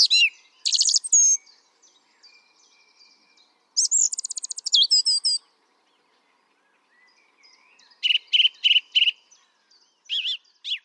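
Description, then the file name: Song thrush song: several varied phrases, including a fast rattle of notes and a note repeated four times, with quiet twittering between phrases. "Turdus philomelos"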